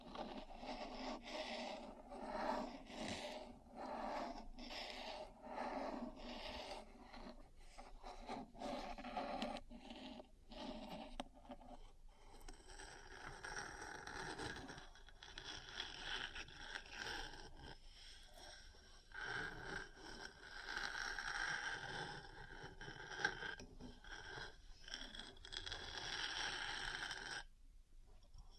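Metal parts scrape and tap in a busy, uneven stream of rasping strokes and short knocks, dense throughout and stopping just before the end.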